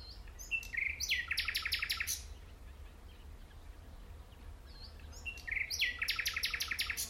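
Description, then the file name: Common nightingale song with two phrases, each opening with thin whistles and then running into a fast series of loud, repeated, rattling notes. "Luscinia megarhynchos"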